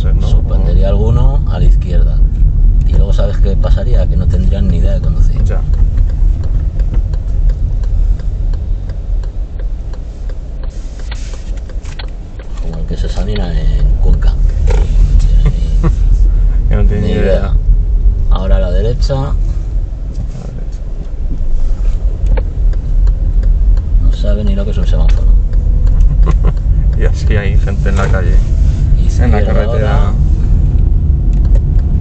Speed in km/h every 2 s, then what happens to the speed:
20, 16, 14, 9, 4, 0, 6, 12, 10, 6, 4, 8, 11, 10, 17, 17.
0-10 slows to 0. 10-14 pulls away to 12. 14-20 slows to 4. 20-28 speeds up to 17.